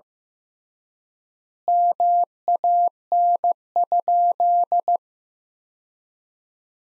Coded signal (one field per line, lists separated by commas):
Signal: Morse code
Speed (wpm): 15 wpm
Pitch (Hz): 700 Hz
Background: none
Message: MAN?